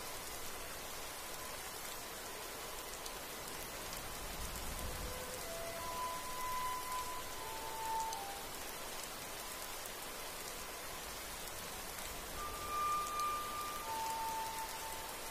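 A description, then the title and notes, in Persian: A night of rain at Hogwarts: steady, dense rainfall hisses evenly across the whole clip with no pauses. Faint thin tones drift in around six to eight seconds and again near thirteen to fourteen seconds, and a soft low swell rises briefly near five seconds. هاگواترز در شب بارانی.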